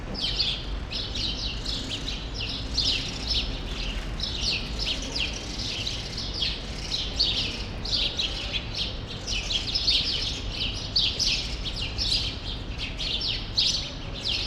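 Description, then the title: Many sparrows chattering, a continuous stream of clustered chirps and tweets with little pause, soft low background rumble throughout. Sparrows still present in the small remaining part of a large grove, Rue Saint-Jean Népomucène, Brussels, Belgium; recorded with Earsight V2 AB microphones into a Zoom F3. "Rue Saint-Jean Népomucène 13, 1000 Bruxelles, Belgique - Sparrows - Moineaux"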